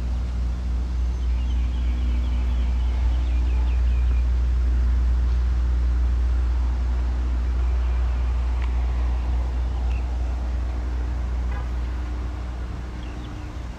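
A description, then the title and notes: A walk through Modiin, Israel, carried by a steady, heavy low rumble of traffic that holds level throughout. Faint, thin bird chirps come and go in the first few seconds and again midway, with a few soft clicks near the end. City Park Sounds. Walking In Modiin, Israel.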